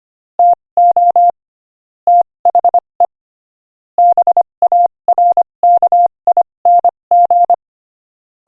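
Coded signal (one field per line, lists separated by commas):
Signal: Morse code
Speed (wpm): 25 wpm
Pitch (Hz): 700 Hz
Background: none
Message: TO THE BARKING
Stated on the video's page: Morse code practice at 25 wpm; topic is jokes.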